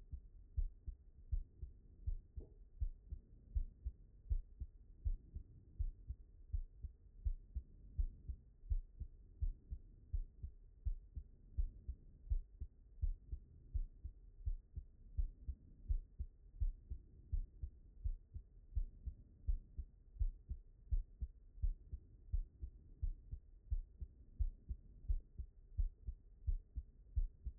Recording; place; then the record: heart sounds by stethoscope; pulmonary valve (PV)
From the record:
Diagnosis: non-HFrEF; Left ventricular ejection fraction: 62%